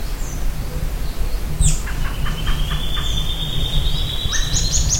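Bird calls: a long, steady whistle with pulsing notes, then a quick run of short high notes near the end, over a constant low rumble.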